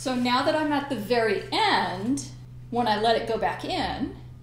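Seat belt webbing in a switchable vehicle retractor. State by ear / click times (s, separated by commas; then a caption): not seated / none. A woman talks while handling a seat belt, with its webbing pulled out all the way to the end of a switchable vehicle retractor, about to let it retract. Only her voice is heard. Nothing has clicked or locked yet.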